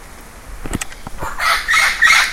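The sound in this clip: Bird calls, harsh and scratchy, come in three bursts near the end, after a run of dry knocking clicks at the start.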